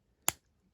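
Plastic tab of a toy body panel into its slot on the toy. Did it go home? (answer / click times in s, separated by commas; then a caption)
yes / 0.3 s. A plastic panel on a transforming wasp robot toy is pushed down to cup around the body, and its tab snaps into its slot with a single sharp, bright click at 0.3 s. The click rings briefly in the highs and fades within about a tenth of a second against near silence, and the tab is seated.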